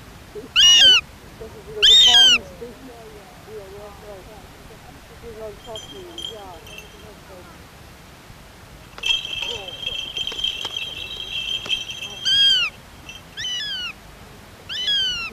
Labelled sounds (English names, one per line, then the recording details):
Northern Goshawk call
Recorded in the wild
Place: Marburg, Hessen, DE
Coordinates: 50.8089, 8.7725
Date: 1964-08-23
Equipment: Uher Report 4000, AKG D190
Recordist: Krey, Winfried